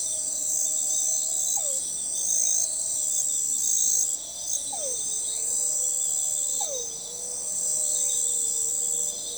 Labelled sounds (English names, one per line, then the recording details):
none
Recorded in forest near Pivijay, Magdalena, Colombia, on 17 April 2023 at 03:00
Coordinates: 10.467, -74.380
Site Z5-G034